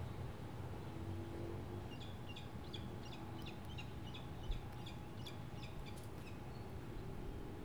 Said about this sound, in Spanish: Lentamente cae la noche. Se van apagando los sonidos de los pájaros.